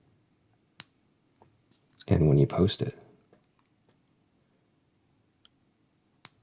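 A fountain pen cap, a vintage Pilot Elite Crosshatch, is pushed back onto the pen body and seats with a dampened hard stop against the metal ring at 0.8 s rather than a click. Someone talks briefly around 2–3 s, and faint ticks follow, with another sharp tap near 6.3 s.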